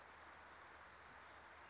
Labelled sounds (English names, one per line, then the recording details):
Wilson's Warbler
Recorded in Sonoma County, California